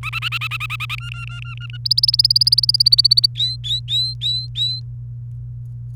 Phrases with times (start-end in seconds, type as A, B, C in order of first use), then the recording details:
0.03-0.95 A, 0.98-1.77 B, 1.85-3.26 C, 3.35-4.80 D. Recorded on 28 April 2018 at 09:16. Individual llb3